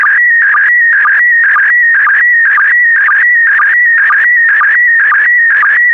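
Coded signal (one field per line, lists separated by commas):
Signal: SSTV (slow-scan television)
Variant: PD120 mode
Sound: warbling, scratchy tone stepping up and down, with a short low blip about twice a second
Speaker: complete you can now check your decoded image against the picture that is shown on the video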